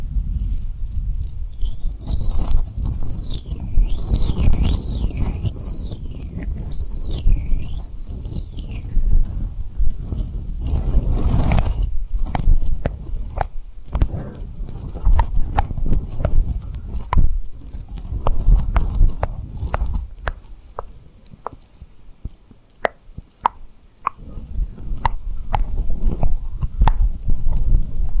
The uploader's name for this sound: Tapping & Rubbing Rhinestone Lip Triggers